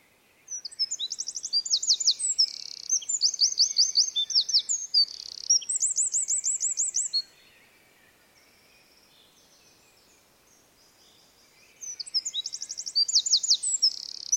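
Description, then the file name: Eurasian wren with two bursts of vigorous high trilling song, rapid repeated notes and rattles, separated by several seconds of quiet. "Troglodytes troglodytes"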